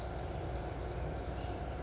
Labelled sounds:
California Towhee (Melozone crissalis)
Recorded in Sonoma County, California

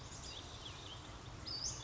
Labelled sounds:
Western Flycatcher (Empidonax difficilis)
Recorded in Sonoma County, California

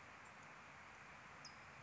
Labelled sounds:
California Towhee (Melozone crissalis)
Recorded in Sonoma County, California

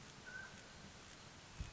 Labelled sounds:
Mountain Quail (Oreortyx pictus)
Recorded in Sonoma County, California

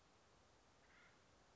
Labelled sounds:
Acorn Woodpecker (Melanerpes formicivorus)
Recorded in Sonoma County, California

